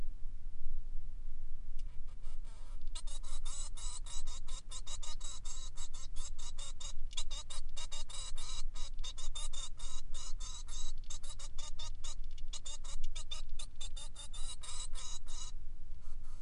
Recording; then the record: song of a male Bengalese finch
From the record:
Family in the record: son of father 3